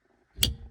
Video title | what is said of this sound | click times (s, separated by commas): Honda Odyssey Sliding Door Actuator / Lock Controller Replacement (2011–2017) | until you hear a click. Now it shouldn't pop off. | 0.4 s